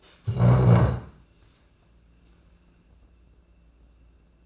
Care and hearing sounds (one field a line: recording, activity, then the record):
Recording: daily activity, microphone in the room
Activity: stand up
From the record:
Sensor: 2